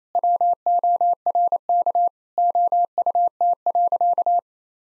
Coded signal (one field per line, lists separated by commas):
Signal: Morse code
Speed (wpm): 27 wpm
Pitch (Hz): 700 Hz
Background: none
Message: WORK OUT.